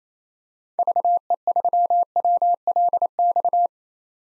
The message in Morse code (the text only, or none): VE3WLX